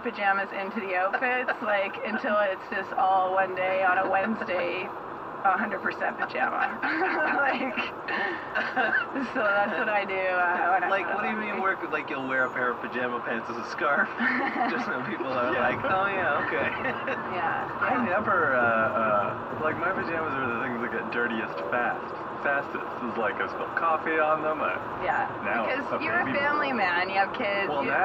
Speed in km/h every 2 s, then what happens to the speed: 49, 50, 50, 51, 52, 50, 49, 48, 48, 50, 51, 53, 53, 54.
0-28 steady at about 50.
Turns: none.